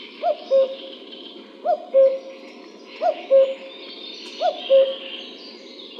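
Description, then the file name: Common cuckoo calling a steady falling two-note cu-coo four times, roughly every 1.4 seconds, over soft high twittering of other birds. "Cuculo"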